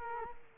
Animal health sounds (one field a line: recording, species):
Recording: mosquito wingbeat signal from an infrared sensor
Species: Culex quinquefasciatus